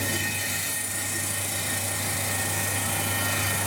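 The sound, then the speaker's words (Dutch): A power saw cuts into a mobile phone at a forensic lab, opening it to reach its chip. It makes a steady, loud mechanical whine and rough grinding hiss that runs unbroken the whole time over a low droning hum, with no voices. “Je denkt het is allemaal heel subtiel werk, maar hier wordt gewoon de zaag erin gezet.”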